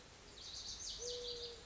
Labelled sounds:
Lazuli Bunting (Passerina amoena)
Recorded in Sonoma County, California

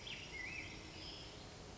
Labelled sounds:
Black-headed Grosbeak (Pheucticus melanocephalus)
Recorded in Sonoma County, California

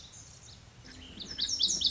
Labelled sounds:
Lazuli Bunting (Passerina amoena)
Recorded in Sonoma County, California

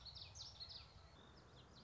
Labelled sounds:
Common Yellowthroat (Geothlypis trichas)
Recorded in Sonoma County, California

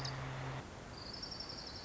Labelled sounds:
Orange-crowned Warbler (Leiothlypis celata)
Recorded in Sonoma County, California

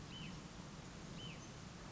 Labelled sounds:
Hutton's Vireo (Vireo huttoni)
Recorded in Sonoma County, California

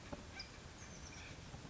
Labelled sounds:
Oak Titmouse (Baeolophus inornatus)
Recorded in Sonoma County, California

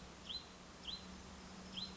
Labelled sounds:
Hutton's Vireo (Vireo huttoni)
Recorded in Sonoma County, California

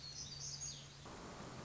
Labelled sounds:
Black-throated Gray Warbler (Setophaga nigrescens)
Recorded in Sonoma County, California

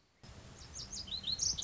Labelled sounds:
Lazuli Bunting (Passerina amoena)
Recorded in Sonoma County, California

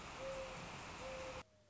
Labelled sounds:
Mourning Dove (Zenaida macroura)
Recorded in Sonoma County, California

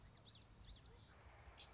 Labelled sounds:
Common Yellowthroat (Geothlypis trichas)
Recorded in Sonoma County, California

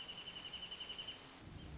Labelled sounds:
Wrentit (Chamaea fasciata)
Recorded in Sonoma County, California

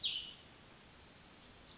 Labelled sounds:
Cassin's Vireo (Vireo cassinii)
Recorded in Sonoma County, California

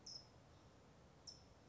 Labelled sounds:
California Towhee (Melozone crissalis)
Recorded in Sonoma County, California

